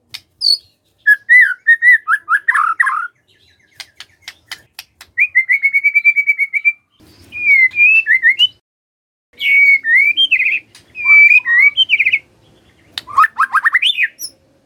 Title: PANCINGAN MURAI BATU. SIULAN MURAI BATU❗ PANCINGAN MURAI MALAS AGAR BUNYI❗❗